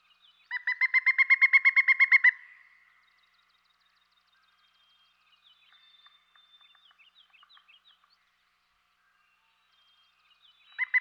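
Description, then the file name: Pileated woodpecker call: a loud, even series of about fifteen hollow, ringing notes lasting under two seconds, then near silence with faint chatter before a second series begins. "dan gibsons solitudes pileated woodpecker"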